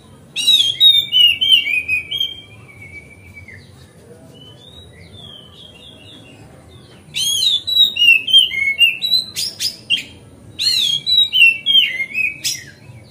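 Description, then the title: Oriental magpie-robin song in bursts: quick, varied high whistles and sweeps, a long quiet middle with faint notes, then more rapid phrases. Song tutoring (masteran), made on a terrace. "Kacer Masteran Teras"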